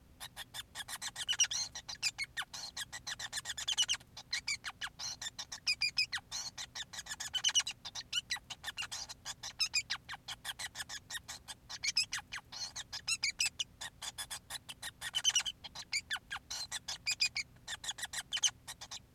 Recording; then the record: song of a male Bengalese finch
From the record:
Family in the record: son of father 5